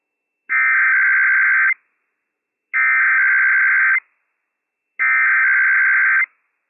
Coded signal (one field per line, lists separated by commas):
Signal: Emergency Alert System (SAME) tones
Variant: header bursts